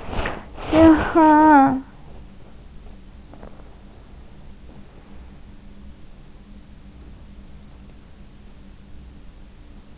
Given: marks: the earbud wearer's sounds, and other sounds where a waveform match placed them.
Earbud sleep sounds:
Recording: sounds in sleep by an in-ear microphone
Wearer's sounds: talking in sleep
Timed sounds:
0.00-1.85 s: talking in sleep

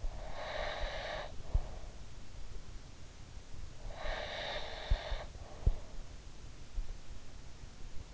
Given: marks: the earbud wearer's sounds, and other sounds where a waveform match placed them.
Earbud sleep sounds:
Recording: sounds in sleep by an in-ear microphone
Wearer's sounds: breath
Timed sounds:
0.00-1.90 s: breath
4.00-6.06 s: breath

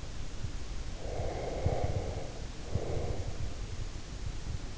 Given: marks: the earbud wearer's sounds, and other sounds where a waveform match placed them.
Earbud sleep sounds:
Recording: sounds in sleep by an in-ear microphone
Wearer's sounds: breath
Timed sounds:
0.98-3.63 s: breath

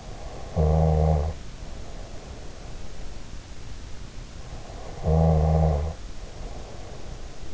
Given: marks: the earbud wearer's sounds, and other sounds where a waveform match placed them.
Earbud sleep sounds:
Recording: sounds in sleep by an in-ear microphone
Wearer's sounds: snoring breath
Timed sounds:
0.11-2.76 s: snoring breath
4.70-7.54 s: snoring breath

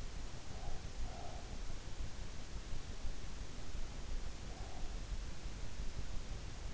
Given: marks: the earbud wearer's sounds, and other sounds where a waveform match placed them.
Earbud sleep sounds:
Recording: sounds in sleep by an in-ear microphone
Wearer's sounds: breath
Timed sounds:
0.44-1.64 s: breath
4.37-4.93 s: breath

